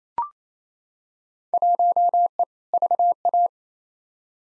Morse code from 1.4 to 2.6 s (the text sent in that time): 1E